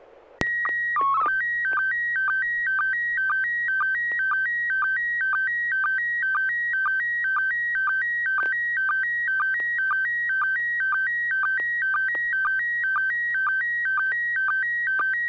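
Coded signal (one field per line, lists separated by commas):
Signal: SSTV (slow-scan television)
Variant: PD 120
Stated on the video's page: SSTV net on an FM repeater at 441.30 MHz, using MMSSTV software.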